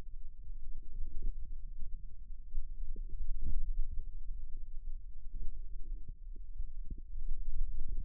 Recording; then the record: forearm muscle sounds (acoustic myography)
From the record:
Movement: radial deviation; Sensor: system 2, bracelet of six BSWA MPA416 microphones around the upper forearm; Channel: 5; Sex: male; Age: 22 years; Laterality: right